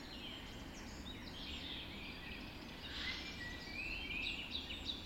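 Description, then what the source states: Birds: dawn chorus of many songbirds, overlapping whistles, trills and chirps high in pitch, busier and louder toward the end, over a steady low rumble. Dawn chorus recorded just after dawn in the Forest of Dean.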